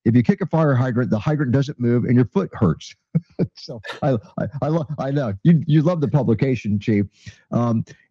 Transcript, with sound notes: If you kick a fire hydrant, the hydrant doesn't move and your foot hurts." (laughs) So I- I- I l- I know. You- you love the publication, Chief.